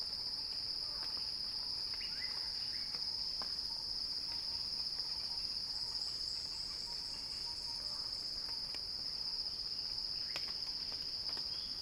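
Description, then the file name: Cicada song, a sustained shrill buzz that never pauses, over faint scattered clicks and a few quiet chirps. Cicada song building in a crescendo. "earth-fm Axel-Drioli Cicada-Crescendo-Sounding-Wild"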